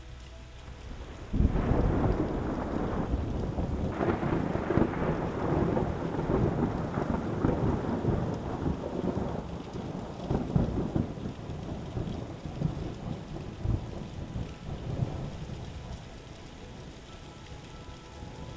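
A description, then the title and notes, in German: A thunderstorm with rain: after a quiet first second, a deep rumble of thunder breaks in and rolls on, swelling in repeated low surges through most of the clip. Steady rain hiss runs underneath, and the rumbling gradually eases toward the end. Beruhigendes Gewitter und sanfter Regen harmonisch verschmelzen.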